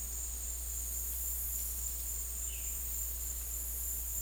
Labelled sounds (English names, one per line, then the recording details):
none
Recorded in dense forest near Puerto Asís, Putumayo, Colombia, on 13 March 2025 at 17:00
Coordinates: 0.503, -76.323
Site GP09